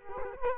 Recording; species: mosquito wingbeat signal from an infrared sensor; Culex quinquefasciatus